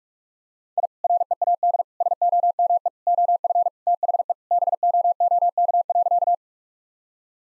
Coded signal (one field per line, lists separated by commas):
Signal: Morse code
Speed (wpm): 46 wpm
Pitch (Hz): 700 Hz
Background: none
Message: I READ SOME OF THE BOOK.